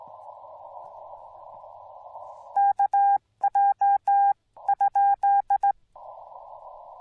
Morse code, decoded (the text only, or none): KJ?